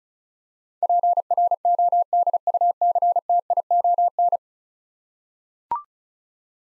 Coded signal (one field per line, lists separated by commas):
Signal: Morse code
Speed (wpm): 36 wpm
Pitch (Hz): 700 Hz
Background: none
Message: PRODUCTION